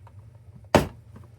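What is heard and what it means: A plastic elevator wall is fitted into the base of a toy sewer playset and snaps into place at the bottom. A single sharp, broadband snap sounds at 0.7 s (0.75 s) against low background noise, and the wall is seated. Wait—one decimal: 0.8 s. A plastic elevator wall is fitted into the base of a toy sewer playset and snaps into place at the bottom. A single sharp, broadband snap is heard at 0.8 s against a quiet, low hum, and the wall is seated.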